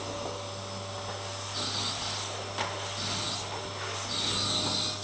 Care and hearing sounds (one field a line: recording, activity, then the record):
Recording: daily activity, microphone in the room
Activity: vacuum cleaning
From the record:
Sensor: 3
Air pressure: 1000.1 hPa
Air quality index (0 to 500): 136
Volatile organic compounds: 2 ppm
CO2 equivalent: 1210 ppm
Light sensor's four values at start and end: 38/97/41/44 and 19/46/20/23